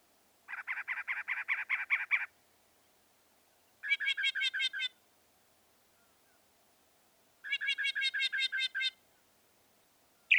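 Northern mockingbird singing long series of rapid, repeated notes: first a buzzy rattle, then two trills of ringing layered notes, separated by pauses.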